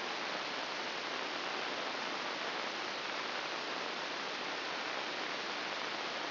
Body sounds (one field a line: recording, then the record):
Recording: brain microelectrode recording played as sound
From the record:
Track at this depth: inside the subthalamic nucleus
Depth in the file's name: 1.007 mm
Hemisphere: right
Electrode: 2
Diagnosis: Parkinson's disease